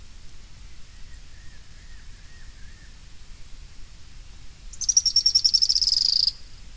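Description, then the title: Bird singing a quick, high trill that slides gradually downward over roughly one and a half seconds, after a faint wavering mid-pitched sound earlier on. "LuckyPassaro Completos2Sama"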